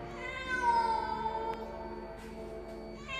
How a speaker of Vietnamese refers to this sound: Rồi bất chợt, con mèo lượn lờ như là lướt ở trên bậc cửa sổ vậy. Nó kêu lên một tiếng nghe đến rợn cả người.